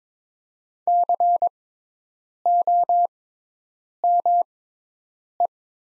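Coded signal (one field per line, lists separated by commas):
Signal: Morse code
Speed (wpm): 22 wpm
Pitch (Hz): 700 Hz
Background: none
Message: COME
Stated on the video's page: Morse practice of the top 200 words at 22 wpm with Farnsworth-style 6x character spacing.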